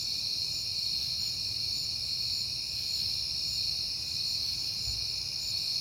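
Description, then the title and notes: Crickets trilling without a break in a bright, layered chorus, with a faint low thump near the end. Recorded at night in September on a peaceful night; crickets heard often that month. "Night Time: Crickets and Passing Cars. It is September and I have been hearing the crickets a lot, but finally had a peaceful night to make the recording"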